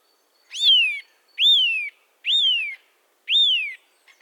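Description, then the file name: Eurasian nuthatch giving four ringing downslurred whistles, evenly spaced about a second apart. "Sitta europaea"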